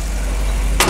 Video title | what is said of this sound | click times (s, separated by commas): 2020 Low Cab Forward 3500 - Phillips Chevrolet | 3500 so really easy to pull this back put this here drop it down locks into place | 0.8 s